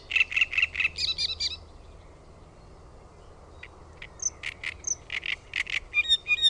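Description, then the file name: Great reed warbler song: a burst of harsh, grating repeated notes, a pause of about two seconds, then more chattering, croaky syllables with a few higher squeaks. "RASTASKERTTUNEN"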